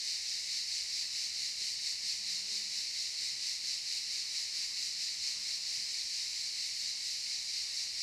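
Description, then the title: Cicada chorus: continuous sizzling high buzz that throbs slightly about twice per second, with a faint low sound briefly in the background. Cicadas in the pine forest of a campsite at Albinia, Grosseto, Tuscany, Italy. "Camping Africa, Via Aurelia, Albinia, Grosseto, Toscana, , Italia - Cicale nel campeggio"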